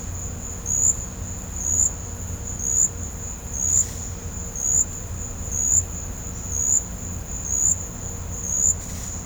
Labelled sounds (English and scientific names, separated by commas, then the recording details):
none
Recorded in pastures near Puerto Asís, Putumayo, Colombia, on 18 December 2024 at 14:30
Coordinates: 0.502, -76.324
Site G077